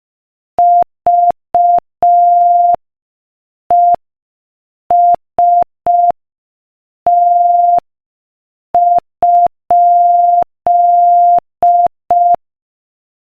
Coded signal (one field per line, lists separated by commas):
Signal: Morse code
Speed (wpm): 5 wpm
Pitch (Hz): 700 Hz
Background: none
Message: VEST?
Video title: Morse Code Practice: 5 wpm Joke #11